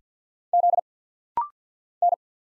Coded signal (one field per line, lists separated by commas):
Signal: Morse code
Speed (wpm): 48 wpm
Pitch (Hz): 700 Hz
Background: none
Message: Z N